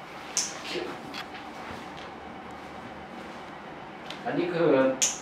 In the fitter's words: ล็อกเข้าที่เดิม